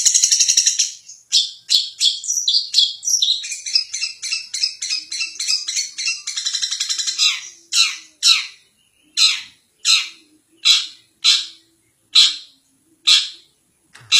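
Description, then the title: Long-tailed shrike song: a fast run of harsh chattering notes, then loud rasping calls repeated at a slower, steady pace toward the end. Champion competition songbird. "Kicau Burung Cendet Juara"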